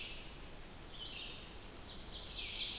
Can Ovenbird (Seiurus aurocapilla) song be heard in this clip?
yes